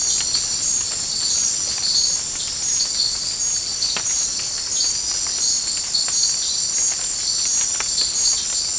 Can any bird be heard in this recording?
no